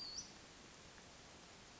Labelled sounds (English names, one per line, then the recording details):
Western Flycatcher
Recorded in Sonoma County, California